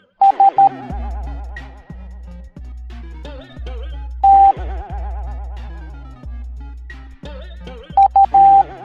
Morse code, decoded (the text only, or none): S T U